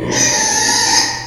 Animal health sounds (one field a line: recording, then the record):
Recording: squeal of a Yucatan mini pig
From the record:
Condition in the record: before surgery on the right vocal fold (resection and tissue-engineered implant)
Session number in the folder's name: 2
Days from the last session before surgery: 0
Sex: male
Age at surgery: 12 weeks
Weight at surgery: 13 kg